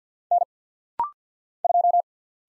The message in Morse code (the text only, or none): N 2